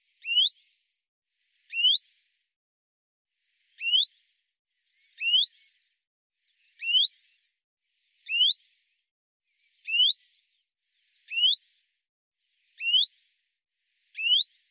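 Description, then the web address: Common chaffinch calls: a short, bright, rising whistled note repeated about every one and a half seconds with one longer gap, ten in all, with faint higher chirps between some notes. "Deverinetal 2025 File cleaned normalized Bird Fr Co"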